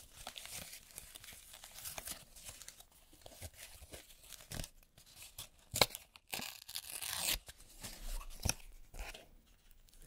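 Doing nails, with gel nail extension work: a busy run of small scratchy, crinkly handling sounds and short taps throughout. Sharp bright clicks land near the start, around six seconds and at eight and a half, with a longer rasping scrape near seven seconds.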